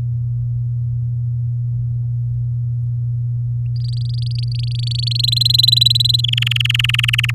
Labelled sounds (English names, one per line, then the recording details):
Domestic Canary song
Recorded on 10 May 2018 at 15:52
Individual llb16